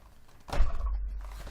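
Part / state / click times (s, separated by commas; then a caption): custom plastic cover piece into toy playset / not seated / none. A custom 3D-printed plastic cover with a small lip is pushed into a toy playset, making a soft thunk and rustle at about 0.5 s followed by a few faint taps near 0.9 s and 1.3 s. The lip does not click audibly, so nothing has seated or clicked yet.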